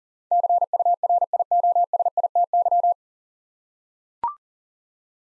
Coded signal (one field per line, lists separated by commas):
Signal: Morse code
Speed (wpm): 40 wpm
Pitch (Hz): 700 Hz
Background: none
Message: CURIOSITY